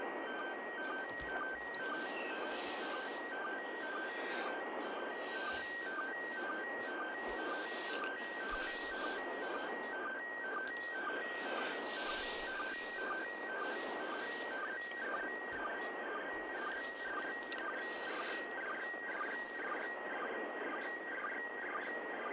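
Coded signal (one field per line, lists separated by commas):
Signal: SSTV (slow-scan television)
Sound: warbling tone stepping between two pitches with short low sync blips under hiss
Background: radio static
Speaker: of mmss tv here we go so so so so so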